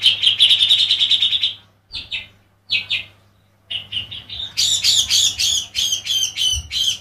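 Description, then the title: Oriental magpie-robin singing: a fast rattling trill, short whistled phrases separated by pauses, then loud harsh, rasping notes repeated in quick succession, with a steady low hum. "Kicau Kacer"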